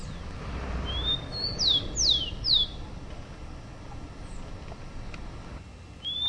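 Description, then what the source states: Rufous-collared sparrow song: a thin rising whistle followed by three clear downslurred notes, with another rising whistle near the end over low hiss. Chirping call (pio).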